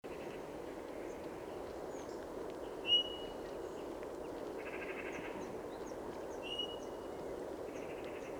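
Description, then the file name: Eurasian bullfinch calls, two soft, short piping whistles several seconds apart over a broad steady noise background, with faint buzzy sounds between them. "Pyrrhula pyrrhula"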